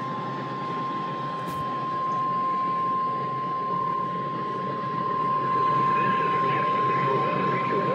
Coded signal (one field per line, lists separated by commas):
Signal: Emergency Alert System (SAME) tones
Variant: 1050 Hz attention tone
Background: speech